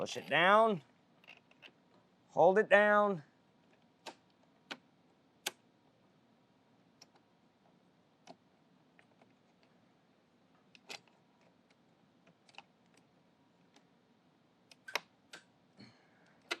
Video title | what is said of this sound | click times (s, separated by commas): How to Replace the Front Squeegee on the Taski Swingo 350B | Just like that, till you hear the tabs, click | 5.5 s, 15.0 s, 16.5 s